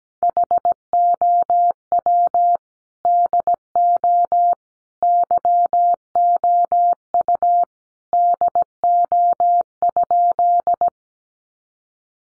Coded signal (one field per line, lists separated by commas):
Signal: Morse code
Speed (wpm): 17 wpm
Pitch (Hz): 700 Hz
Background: none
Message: HOW DO YOU DO?